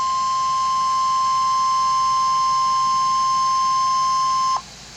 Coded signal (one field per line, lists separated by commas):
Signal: Emergency Alert System (SAME) tones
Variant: 1050 Hz attention tone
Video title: EAS Alert #333- Severe T-storm Warning 6/25/13